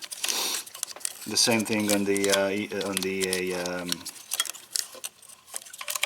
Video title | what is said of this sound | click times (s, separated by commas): 2005 Mercedese E320 EGR Valve Diagnosis And Replacement | it just go straight in and just snaps into place | 1.0 s